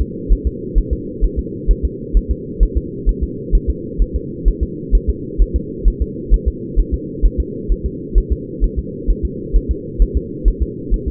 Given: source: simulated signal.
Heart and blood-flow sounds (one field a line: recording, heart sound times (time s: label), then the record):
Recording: fetal heart sounds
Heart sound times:
0.02 s: S2
0.33 s: S1
0.47 s: S2
0.78 s: S1
0.93 s: S2
1.24 s: S1
1.39 s: S2
1.71 s: S1
1.85 s: S2
2.17 s: S1
2.31 s: S2
2.63 s: S1
2.77 s: S2
3.09 s: S1
3.23 s: S2
3.55 s: S1
3.70 s: S2
4.02 s: S1
4.16 s: S2
4.48 s: S1
4.63 s: S2
4.95 s: S1
5.09 s: S2
5.41 s: S1
5.56 s: S2
5.88 s: S1
6.02 s: S2
6.34 s: S1
6.48 s: S2
6.80 s: S1
6.94 s: S2
7.25 s: S1
7.40 s: S2
7.72 s: S1
7.86 s: S2
8.18 s: S1
8.32 s: S2
8.64 s: S1
8.79 s: S2
9.10 s: S1
9.25 s: S2
9.56 s: S1
9.71 s: S2
10.02 s: S1
10.17 s: S2
10.48 s: S1
10.62 s: S2
10.94 s: S1
11.08 s: S2
From the record:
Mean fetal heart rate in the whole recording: 130 bpm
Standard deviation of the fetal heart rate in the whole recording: 2 bpm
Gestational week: 36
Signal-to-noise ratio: -4.1 dB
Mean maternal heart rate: no maternal heart sound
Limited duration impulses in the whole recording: absent